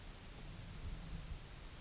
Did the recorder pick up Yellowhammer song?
no